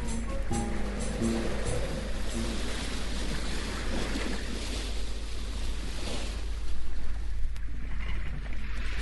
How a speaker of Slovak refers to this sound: More kvíli a náš koráb metá zo strany na stranu.